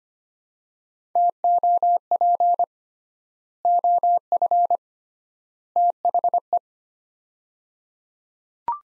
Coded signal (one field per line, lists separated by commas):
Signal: Morse code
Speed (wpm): 25 wpm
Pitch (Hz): 700 Hz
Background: none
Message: TOP OF THE